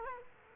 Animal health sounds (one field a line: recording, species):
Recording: mosquito wingbeat signal from an infrared sensor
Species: Culex quinquefasciatus